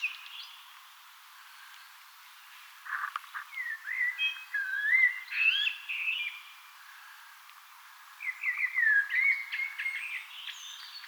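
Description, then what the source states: Eurasian blackbird singing two fluted, warbling phrases with twittery high notes, separated by a short pause, over quiet background hiss. Singing on 18 April 2025.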